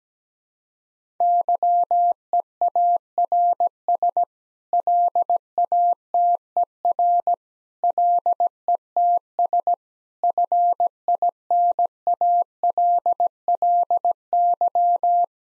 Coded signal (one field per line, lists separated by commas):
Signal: Morse code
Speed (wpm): 17 wpm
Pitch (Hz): 700 Hz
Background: none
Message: YEARS LATER LETS FINALLY